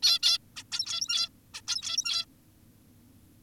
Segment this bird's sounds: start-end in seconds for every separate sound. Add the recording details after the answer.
0.03-0.19, 0.23-0.38, 0.56-0.64, 0.72-1.29, 1.54-1.61, 1.68-2.25. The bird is an adult. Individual g17y2U